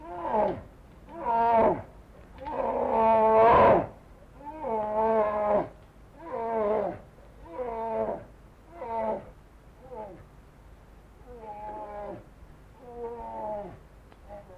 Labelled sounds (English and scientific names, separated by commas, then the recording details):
Brown Bear (Ursus arctos) call
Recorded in captivity
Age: adult
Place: Zoo Berlin, Berlin, DE
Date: 1960-10-08 14:00
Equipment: Minifon, Kopie Smaragd
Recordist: Tembrock, Günter
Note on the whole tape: Vor der Fütterung, beide laufen am Gitter (Wärter füttert im Nachbarkäfig), kleineres Tier mit Abwehrlauten gegen das größere, Lautgebung beendet nach Erhalt des Futters. Abstand 3-4 m